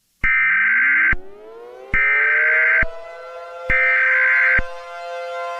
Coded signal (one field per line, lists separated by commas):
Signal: Emergency Alert System (SAME) tones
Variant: header bursts